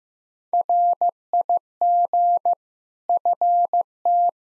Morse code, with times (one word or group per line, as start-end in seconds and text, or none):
0.5-2.5 RIG
3.1-4.3 FT